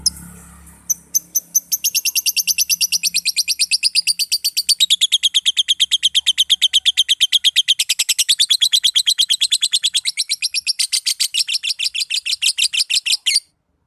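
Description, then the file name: Black-cheeked lovebird giving a long, rapid, steady series of shrill high chirps without pause. "Agapornis nigrigenis"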